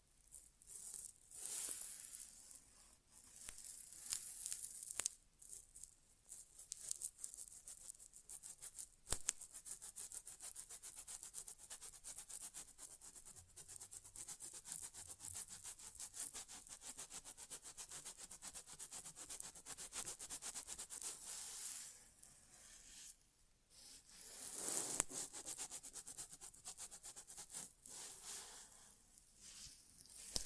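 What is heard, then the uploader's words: An ASMR inner ear exam without talking: steady bright scratching and rubbing runs through the whole stretch, thick with fine crackles and sharp clicks every second or so. The sound swells in brief bursts near the start, middle and around twenty-five seconds, with short near-silent gaps between. ASMR Inner Ear Exam (No Talking).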